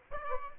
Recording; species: mosquito wingbeat signal from an infrared sensor; Aedes albopictus